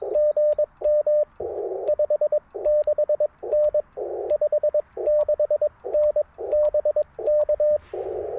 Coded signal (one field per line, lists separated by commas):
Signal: Morse code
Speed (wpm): 22 wpm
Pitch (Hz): 590 Hz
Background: radio noise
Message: GM 56N 56N BK